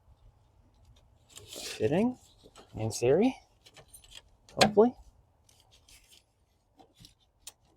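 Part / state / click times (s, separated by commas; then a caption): hose/line connector onto engine-bay fitting / seated / 7.5 s. A line's quick-connect connector is pushed onto a fitting under a Pontiac Aztek while someone talks, with soft rubbing and handling sounds in between. A sharp click at 7.5 s shows the connector seating onto the fitting.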